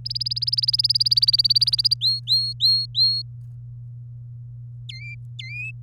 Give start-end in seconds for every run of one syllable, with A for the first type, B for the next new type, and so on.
0.05-1.94 A, 2.01-3.22 B, 4.89-5.71 C